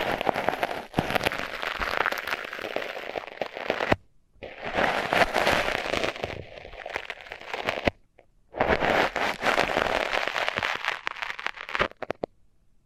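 Mics under tape give off dense, bright crackling and popping, with bursts of fine crinkle layered over a fuller rustle. The texture comes in sustained stretches that stop abruptly, with near-silent gaps around four and eight seconds and a final pause near twelve.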